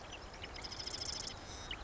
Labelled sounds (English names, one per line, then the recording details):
Marsh Wren
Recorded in Sonoma County, California